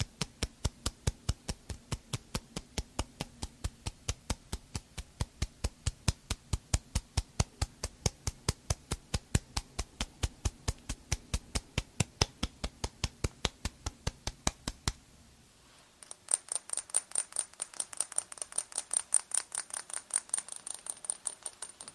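Layered tapping runs as a steady, even stream of sharp ticks, about four a second, over a low hum for the first fifteen seconds. After a brief pause, a brighter, quicker tapping layer takes over, with a thin high whine running steadily above it.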